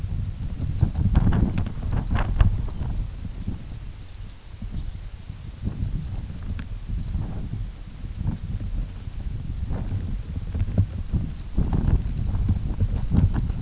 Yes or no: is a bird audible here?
no